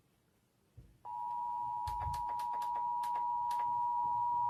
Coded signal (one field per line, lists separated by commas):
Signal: Emergency Alert System (SAME) tones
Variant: 853 and 960 Hz attention tone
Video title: EAS Test (2021/3/24)